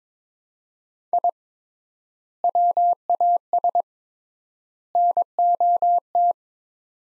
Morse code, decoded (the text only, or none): I WAS NOT